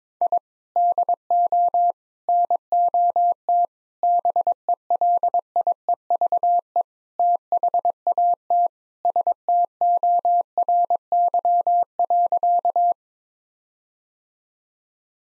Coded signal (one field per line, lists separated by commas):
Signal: Morse code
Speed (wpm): 22 wpm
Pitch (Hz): 700 Hz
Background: none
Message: I DO NOT BELIEVE THAT STORY.